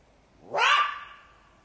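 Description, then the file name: Jackal giving one loud, raspy yelp ending in a drawn-out whining tone. "zvuki shakala"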